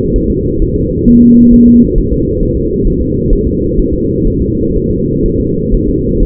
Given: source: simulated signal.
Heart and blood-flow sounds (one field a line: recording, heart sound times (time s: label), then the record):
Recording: fetal heart sounds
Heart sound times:
0.16 s: S1
0.30 s: S2
0.62 s: S1
0.76 s: S2
1.08 s: S1
1.22 s: S2
1.54 s: S1
1.68 s: S2
1.98 s: S1
2.12 s: S2
2.43 s: S1
2.57 s: S2
2.87 s: S1
3.01 s: S2
3.33 s: S1
3.47 s: S2
3.79 s: S1
3.94 s: S2
4.27 s: S1
4.41 s: S2
4.76 s: S1
4.91 s: S2
5.26 s: S1
5.40 s: S2
5.74 s: S1
5.88 s: S2
6.22 s: S1
From the record:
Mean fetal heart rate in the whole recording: 130 bpm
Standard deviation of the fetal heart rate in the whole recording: 4 bpm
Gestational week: 38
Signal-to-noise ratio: -10.2 dB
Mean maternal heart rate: 72 bpm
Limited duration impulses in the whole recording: present